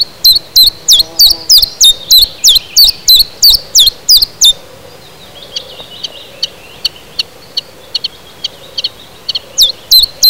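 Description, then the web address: Common chiffchaff singing a rapid run of sharp, high notes, pausing after about four seconds with scattered faint ticks, then starting the phrase again near the end. Recorded in spring 2010. "jaro 2010. budnicek mensi"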